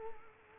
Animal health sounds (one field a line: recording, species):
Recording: mosquito wingbeat signal from an infrared sensor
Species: Culex quinquefasciatus